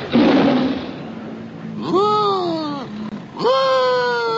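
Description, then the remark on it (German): A big cat roars: a loud, rasping, breathy burst, then two long tonal roars that swell and slowly sink in pitch, each lasting about a second. “Naja, also brüllen kann er besser, aber besser riechen kann er nicht.”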